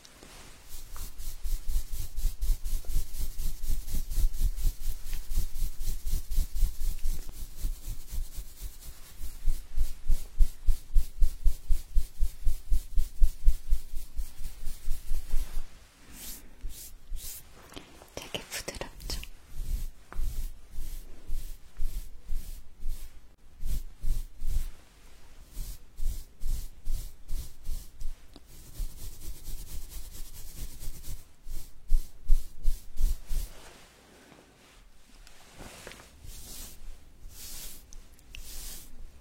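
Ear massage: dense, rapid rubbing strokes fill the first fifteen seconds, steady and rhythmic with a low rumble beneath. After that the rubbing comes in uneven bursts with short pauses, brushing and scratching textures, before trailing off near the end.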